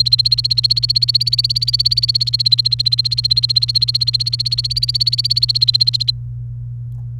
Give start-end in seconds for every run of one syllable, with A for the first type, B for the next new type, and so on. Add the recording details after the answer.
0.00-6.11 A. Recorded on 29 April 2018 at 14:20. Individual llb3